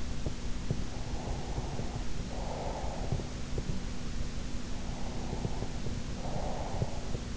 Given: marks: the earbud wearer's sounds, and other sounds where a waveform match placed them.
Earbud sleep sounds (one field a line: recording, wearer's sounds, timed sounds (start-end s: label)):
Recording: sounds in sleep by an in-ear microphone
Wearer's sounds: breath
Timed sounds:
0.93-3.42 s: breath
5.09-7.06 s: breath